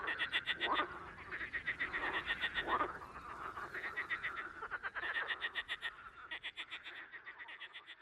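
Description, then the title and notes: Marsh frog chorus of rapid pulsed rattles and a couple of rising croaks, bursts of calls overlapping throughout. Evening chorus at a small pond, 11 May 2019; rain, 14 °C, cool for May; intense activity; recorded with Nagra Seven and MKH40 on a pole. "Soirée aux Grenouilles rieuses. 11 mai 2019-Étang de Beaumont - pluie - 14°. le chant des grenouilles rieuses"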